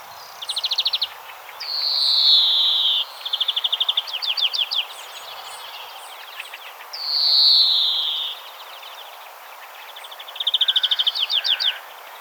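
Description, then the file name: European greenfinch song: long wheezy descending buzz notes alternating with rapid trilled twitters, repeated throughout. "Chloris chloris"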